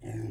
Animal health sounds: pig call; weaner (32 to 43 days)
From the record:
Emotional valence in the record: positive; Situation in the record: positive conditioning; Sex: female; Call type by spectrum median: low-frequency call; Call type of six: low-frequency stable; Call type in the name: low-frequency stable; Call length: 0.31 s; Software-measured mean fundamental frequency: 53 Hz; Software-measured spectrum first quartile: 111 Hz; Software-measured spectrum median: 219 Hz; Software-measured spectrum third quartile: 430 Hz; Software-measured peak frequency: 333 Hz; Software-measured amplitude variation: 106 dB a second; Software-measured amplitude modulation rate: 19.3 a second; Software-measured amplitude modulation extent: 5.5 dB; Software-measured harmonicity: -1.4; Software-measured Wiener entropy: -0.07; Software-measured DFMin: 1060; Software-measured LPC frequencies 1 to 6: 1824, 2499, 5073, 6614, 7491, 8310 Hz

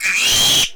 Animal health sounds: pig call; piglet (1 to 25 days)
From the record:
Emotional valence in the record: negative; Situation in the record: restrain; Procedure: sham castration, cut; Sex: male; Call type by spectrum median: high-frequency call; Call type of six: high-frequency modulated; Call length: 0.76 s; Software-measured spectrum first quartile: 2813 Hz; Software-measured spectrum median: 3877 Hz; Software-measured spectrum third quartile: 6542 Hz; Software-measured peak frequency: 3216 Hz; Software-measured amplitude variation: 90 dB a second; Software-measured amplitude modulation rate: 25.8 a second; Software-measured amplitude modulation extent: 3.5 dB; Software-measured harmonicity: 3.2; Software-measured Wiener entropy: -1.97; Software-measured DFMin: 742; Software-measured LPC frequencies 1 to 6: 956, 2496, 3204, 4020, 6250, 7112 Hz

